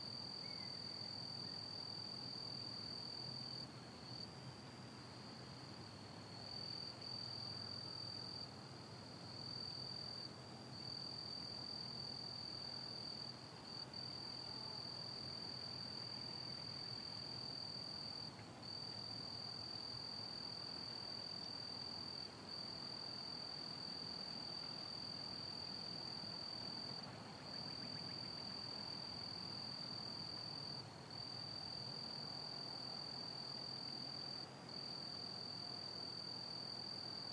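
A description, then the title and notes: At a wildlife refuge, a steady high insect drone runs throughout over a constant low outdoor rumble, perhaps traffic, with little change. J N Ding Darling National Wildlife Refuge on Sanibel Island, Florida.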